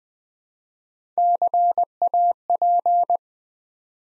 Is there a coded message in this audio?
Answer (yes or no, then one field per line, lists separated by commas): yes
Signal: Morse code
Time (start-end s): 1.2-3.2 s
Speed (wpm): 20 wpm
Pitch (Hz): 700 Hz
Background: none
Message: CAP